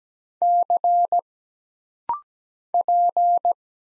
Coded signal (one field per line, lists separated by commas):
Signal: Morse code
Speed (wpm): 17 wpm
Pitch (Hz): 700 Hz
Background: none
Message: C P